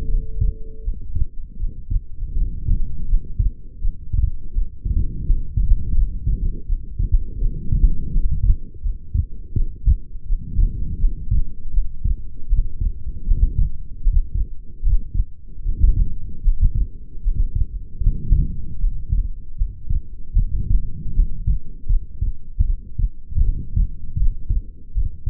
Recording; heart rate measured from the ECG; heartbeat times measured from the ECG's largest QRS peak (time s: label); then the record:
heart sounds by stethoscope; 80 bpm
0.08 s: heartbeat
0.82 s: heartbeat
1.57 s: heartbeat
2.34 s: heartbeat
3.06 s: heartbeat
3.79 s: heartbeat
4.51 s: heartbeat
5.24 s: heartbeat
5.93 s: heartbeat
6.65 s: heartbeat
7.38 s: heartbeat
8.10 s: heartbeat
8.80 s: heartbeat
9.53 s: heartbeat
10.25 s: heartbeat
10.98 s: heartbeat
11.71 s: heartbeat
12.47 s: heartbeat
13.24 s: heartbeat
14.01 s: heartbeat
14.80 s: heartbeat
15.62 s: heartbeat
16.41 s: heartbeat
17.21 s: heartbeat
18.01 s: heartbeat
18.78 s: heartbeat
19.55 s: heartbeat
20.35 s: heartbeat
21.13 s: heartbeat
21.87 s: heartbeat
22.64 s: heartbeat
23.42 s: heartbeat
24.16 s: heartbeat
24.92 s: heartbeat
From the record:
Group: healthy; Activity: light exercise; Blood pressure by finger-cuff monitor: 111/69 mmHg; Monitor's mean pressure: 88 mmHg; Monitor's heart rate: 79 bpm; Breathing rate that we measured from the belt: 23 breaths a minute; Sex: female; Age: 22 years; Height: 160 cm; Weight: 45 kg